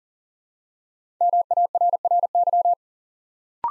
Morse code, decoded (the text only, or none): MARRY